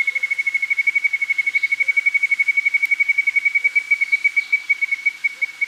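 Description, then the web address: Tyrannine Woodcreeper song, a steady rapid trill of identical whistled notes held on one even pitch throughout. Recorded in Ecuador. "S America Birds of Ecuador. Tyrannine Woodcreeper"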